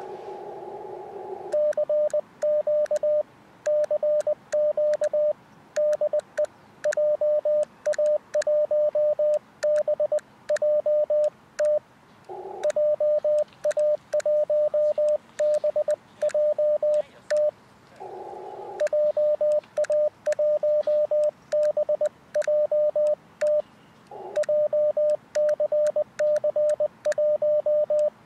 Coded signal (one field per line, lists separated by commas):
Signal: Morse code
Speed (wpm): 20 wpm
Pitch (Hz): 600 Hz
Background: radio noise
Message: CQ CQ DE JA1BJT JA1BJT JA1BJT JCC1